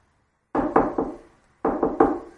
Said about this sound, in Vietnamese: Vệ sĩ gõ cửa.